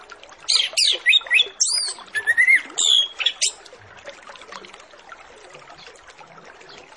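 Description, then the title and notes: Orange-headed Thrush song, a few seconds of varied, sliding whistles and chirps, then mostly soft hiss. Full, richly varied master song used as a lure to get Orange-headed Thrushes to sing quickly and openly. "Masteran Anis Kembang Full Isian Untuk Suara Pancingan Anis Kembang Agar Cepat Ngeplong. Suara Burung Anis Kembang"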